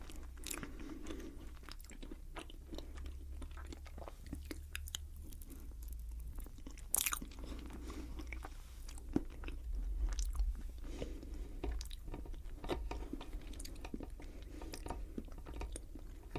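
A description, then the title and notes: Mouth sounds of someone eating cake: soft, wet chewing and squishing with frequent sharp clicks and smacks throughout. A brighter crunching bite stands out around seven seconds. A low, steady hum sits underneath. CAKE EATING MUKBANG. Mouth sounds.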